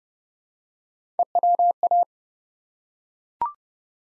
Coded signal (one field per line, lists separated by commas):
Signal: Morse code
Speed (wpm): 30 wpm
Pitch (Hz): 700 Hz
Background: none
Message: EWA